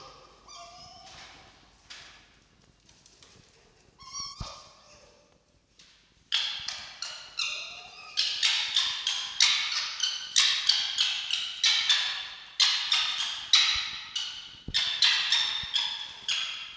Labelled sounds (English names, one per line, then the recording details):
Red Fox
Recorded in captivity
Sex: female
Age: juvenile
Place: Zoologisches Institut der HUB, Berlin, DE
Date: 1953-07-30 18:50
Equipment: Elmetra
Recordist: Tembrock, Günter